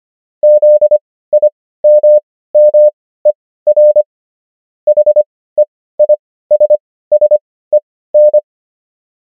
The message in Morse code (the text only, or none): ZIMMER HEISSEN